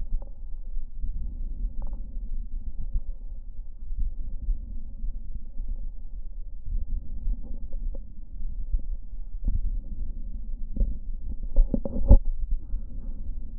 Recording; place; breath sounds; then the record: lung sounds by stethoscope; right posterior upper chest; normal breath sounds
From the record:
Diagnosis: none (healthy); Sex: male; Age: 36 years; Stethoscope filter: diaphragm mode, 100 to 500 Hz